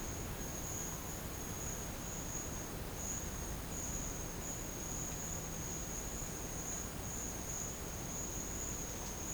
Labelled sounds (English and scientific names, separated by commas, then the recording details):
none
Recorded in secondary vegetation near Puerto Asís, Putumayo, Colombia, on 21 March 2025 at 11:30
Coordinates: 0.485, -76.322
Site G040